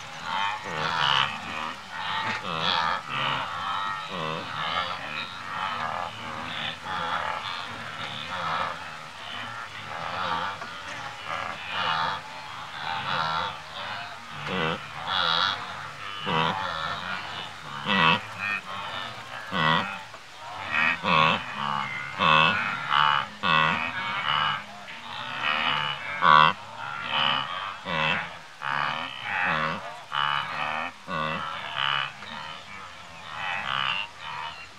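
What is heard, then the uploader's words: Several wildebeest grunt almost continuously, a dense overlapping chorus of short nasal calls coming every second or so with no real pause across the recording. Some grunts stand out louder near the end. A low hum and faint chatter from birds and insects run underneath. Wildebeest – Several Grazing and Grunting, with Birds and Insects in Background, Masai Mara National Park, Kenya.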